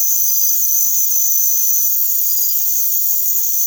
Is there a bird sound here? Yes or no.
no